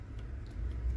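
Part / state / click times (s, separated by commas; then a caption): solar cable connector into its mating connector / not seated / none. A waterproof solar panel cable connector with a rubber seal is handled as it is pushed toward its mating connector, with only a steady low rumble heard. Nothing has seated or clicked yet.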